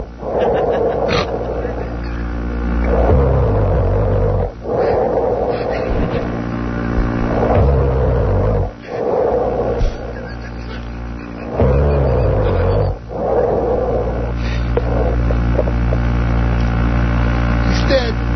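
A man snores heavily in his sleep, loud rattling low-pitched rumbles that come in long rhythmic breaths, with a short pause between each of the four or so cycles.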